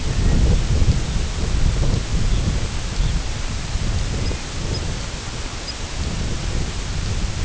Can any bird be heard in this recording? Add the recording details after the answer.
yes. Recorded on Arctic tundra, site IGLO-F, on 19 June 2018. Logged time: 06:00